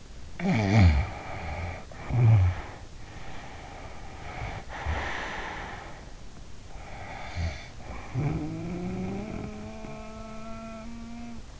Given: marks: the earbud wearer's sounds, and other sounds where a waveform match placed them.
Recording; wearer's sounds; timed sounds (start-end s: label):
sounds in sleep by an in-ear microphone; snoring breath, breath
0.34-2.94 s: snoring breath
3.06-6.18 s: breath
6.33-11.60 s: snoring breath